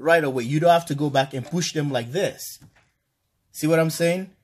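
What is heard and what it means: A DC circuit breaker is being handled and pressed into a MidNite Solar MNPV6 solar combiner box, where breakers pop in on their own so they need no second push. A man talks throughout, then briefly falls quiet before speaking again. Nothing has seated or clicked yet.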